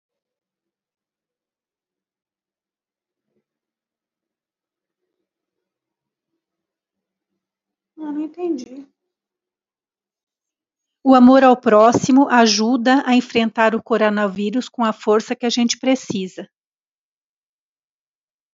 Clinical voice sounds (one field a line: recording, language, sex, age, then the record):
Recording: spoken sentence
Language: Brazilian Portuguese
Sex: female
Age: 50 to 59 years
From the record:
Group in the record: control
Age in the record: 58 years